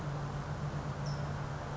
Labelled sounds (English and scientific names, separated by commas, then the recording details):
California Towhee (Melozone crissalis)
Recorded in Sonoma County, California